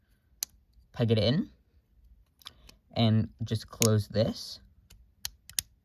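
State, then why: Seated. A plastic panel on a transforming toy figure is closed and pressed until it snaps into place. Someone talks while faint plastic handling clicks are heard. The panel snaps in with sharp clicks at 5.2 and 5.6 seconds, and it is seated.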